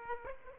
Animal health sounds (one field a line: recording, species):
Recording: mosquito wingbeat signal from an infrared sensor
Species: Aedes aegypti